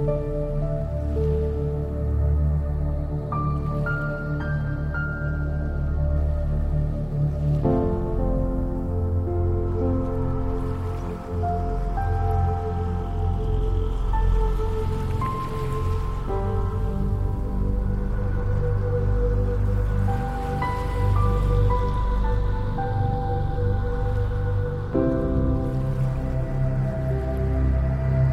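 Soft piano plays slow, sustained chords that shift every few seconds, with clear changes near 8, 16 and 25 seconds. Beneath it runs a steady wash of trickling water, faint droplets and gentle rain-like patter. The level stays even throughout, warm and low-weighted.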